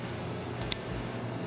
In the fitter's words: see and then it locks in and then you want to take it out you just bend a little tab down